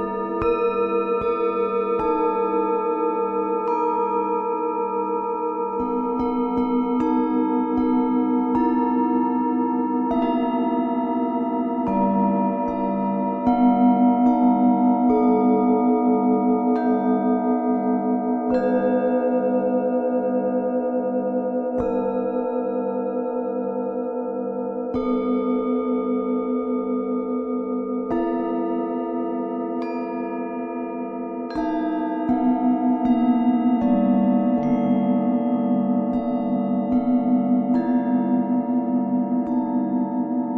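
Singing bowls ring in long, overlapping tones that hang and layer on top of each other. A low tone throbs in a steady, quick pulse beneath them, while fresh strikes land every few seconds. The sound swells noticeably around 13 and 32 seconds.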